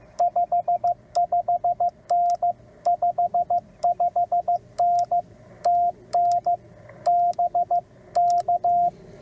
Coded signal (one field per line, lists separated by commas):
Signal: Morse code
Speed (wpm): 15 wpm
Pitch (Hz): 700 Hz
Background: radio noise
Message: 55N 55N TN BK